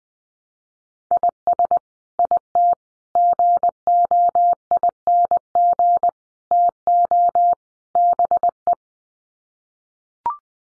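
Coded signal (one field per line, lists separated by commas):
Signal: Morse code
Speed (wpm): 20 wpm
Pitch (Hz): 700 Hz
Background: none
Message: IS IT GOING TO BE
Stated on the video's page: Morse practice at 20 wpm: sets of five common English words sent for head-copy, each sent, then spoken, then sent again.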